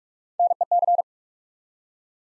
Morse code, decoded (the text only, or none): NEC